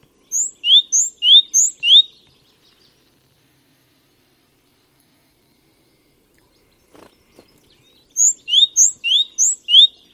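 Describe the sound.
Great tit giving a run of about six bright, rising notes, then a long silence with a faint low knock, then another run of similar notes.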